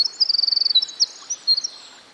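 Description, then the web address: Winter wren giving a fast, high, even trill that breaks into a few scattered bright notes and fades, with soft background hiss. Recorded by a stream. "Dan Gibson Songbirds By The Stream. Winter Wren"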